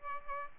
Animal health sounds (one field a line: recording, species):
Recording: mosquito wingbeat signal from an infrared sensor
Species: Aedes albopictus